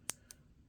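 A plastic S Pen with a button is pressed in its silo in a Samsung S24 Ultra in Titanium Violet, giving a sharp click at 0.1 s and popping it out of its slot. A fainter second click follows at 0.3 s, and the stylus comes out released.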